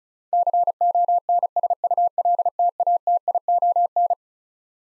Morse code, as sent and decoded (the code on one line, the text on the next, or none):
-.-. --- -. ... ..- .-.. - .- - .. --- -.
CONSULTATION